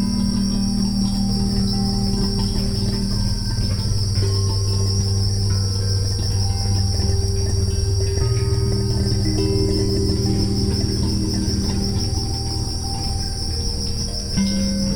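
Cricket chirps form a constant shrill pulsing band from start to end, with mellow sustained music notes and a low hum below.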